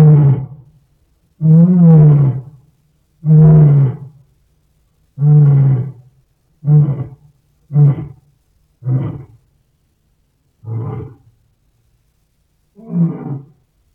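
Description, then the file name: Lion roaring bout: a few long, deep moaning roars followed by a series of shorter grunting roars that get weaker and more widely spaced toward the end. "Golosa ptic i zverei - Lev"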